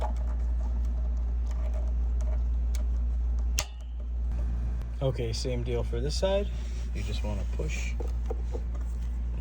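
A male cable adapter is pushed into the female receiver connector on the cable of a Godox UL150II silent video COB LED light until it seats. Over a low steady hum, a sharp loud click at 3.6 s marks the connector clicking home. Afterwards someone talks.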